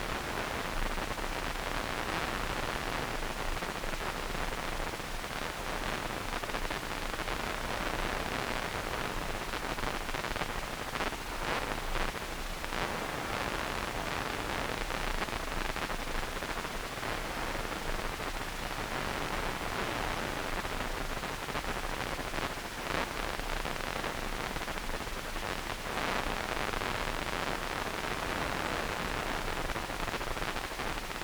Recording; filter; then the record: brain microelectrode recording played as sound; wide band, above 20 Hz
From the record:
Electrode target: subthalamic nucleus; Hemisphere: right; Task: reaching with the left hand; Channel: 2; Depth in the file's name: 1.506 mm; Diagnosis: Parkinson's disease